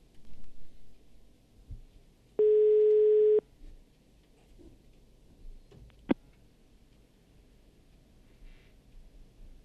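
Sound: telephone line ringing tone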